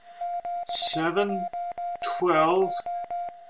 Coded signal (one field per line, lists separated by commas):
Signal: Morse code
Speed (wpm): 19 wpm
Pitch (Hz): 700 Hz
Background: speech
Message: 712